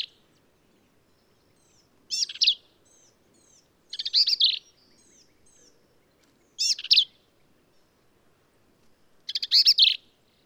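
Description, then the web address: Black-capped vireo song, a harsh, chattering phrase repeated about every two to three seconds, four phrases in all, with silence between them. "birdsongforthecurious songs Black-capped Vireo"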